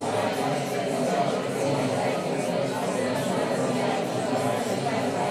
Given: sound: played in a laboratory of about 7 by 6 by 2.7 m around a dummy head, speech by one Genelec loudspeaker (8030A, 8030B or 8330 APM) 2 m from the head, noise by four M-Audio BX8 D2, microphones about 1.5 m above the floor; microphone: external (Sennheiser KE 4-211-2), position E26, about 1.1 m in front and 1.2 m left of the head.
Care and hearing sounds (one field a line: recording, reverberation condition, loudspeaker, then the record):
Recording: babble noise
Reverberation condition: medium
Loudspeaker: four, about 170 cm from the corners of the room and facing them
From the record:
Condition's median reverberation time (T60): about 510 ms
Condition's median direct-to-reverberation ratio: about -0.5 dB